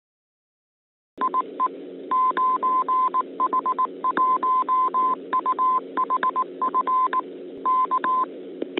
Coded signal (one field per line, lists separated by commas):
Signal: Morse code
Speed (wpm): 18 wpm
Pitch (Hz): 1030 Hz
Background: none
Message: IE 9H1UHF K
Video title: 24. 9H-HAM GlobalNet - Main topic: Open [17 Feb 2022]